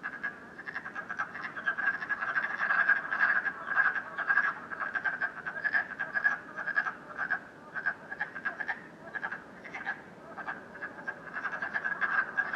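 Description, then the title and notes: Frogs croaking in a dense chorus, many overlapping short rattling notes around the same pitch, pulsing several times a second and swelling and fading in waves. Frogs croaking at night in Canada, recorded during COVID-19. "Frogs, Night, Canada, COVID19, Ranas, Noche, Canada, COVID19. Ranas croando por la noche"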